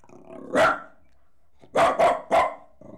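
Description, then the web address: Dog letting out one sharp bark, then after a pause three quick barks in a row and a faint trailing sound. Jack Russell Terrier crossed with Corgi, leaping. "BBC Sound Effects Library. Horses Dogs. Jack Russel Corgi Cross Leaping"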